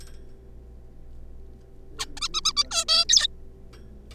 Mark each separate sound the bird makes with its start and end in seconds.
1.99-2.06, 2.17-2.19, 2.21-2.28, 2.34-2.41, 2.45-2.52, 2.57-2.63, 2.65-2.66, 2.71-2.84, 2.88-3.04, 3.09-3.27